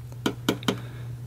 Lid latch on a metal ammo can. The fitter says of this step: and the gi kin snaps down there and uh